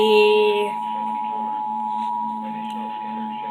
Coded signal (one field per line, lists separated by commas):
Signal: Emergency Alert System (SAME) tones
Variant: 853 and 960 Hz attention tone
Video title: MISSED EAS 179 - Severe Thunderstorm Watch 113 (FM RADIO EAS) (TV EAS)